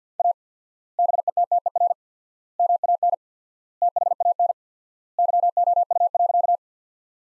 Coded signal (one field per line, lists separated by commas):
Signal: Morse code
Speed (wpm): 50 wpm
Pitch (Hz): 700 Hz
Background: none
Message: A BETTER MAN THAN YOU.